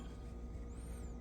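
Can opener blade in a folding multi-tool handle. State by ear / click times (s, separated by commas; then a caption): not seated / none. The can opener blade of a folding multi-tool is handled as it is drawn out of the handle. Only a steady low hum is heard, with a faint high whistle from about 0.7 to 1.2 seconds. Nothing has seated or clicked yet.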